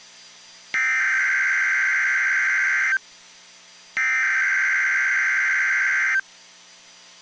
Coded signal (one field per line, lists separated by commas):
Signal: Emergency Alert System (SAME) tones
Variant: header bursts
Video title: Child abduction emergency, EAS #130